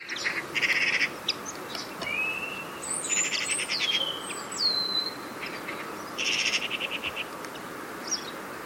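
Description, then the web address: Bird calls: bursts of rapid buzzy trills alternate with clear whistled notes, some sliding downward, others rising, in a steady low background hiss. "birddata Deverinetal 2025"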